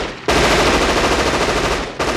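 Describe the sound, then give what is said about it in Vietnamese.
Several submachine guns fired into the air at once: a loud, sustained burst of rapid automatic gunfire, the shots blurring into a dense rattling stream that runs for over a second and a half before briefly stopping, then resuming. “Văn Bình chưa tìm ra kẽ hở trong đám đông dày đặc, thì nhiều tiếng súng cùng nổ một loạt. Đây là súng tiểu liên, đặt bắn chỉ thiên để hăm dọa.”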